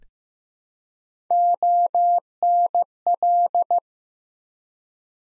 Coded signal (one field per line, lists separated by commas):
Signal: Morse code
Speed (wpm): 15 wpm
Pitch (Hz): 700 Hz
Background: none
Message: ONL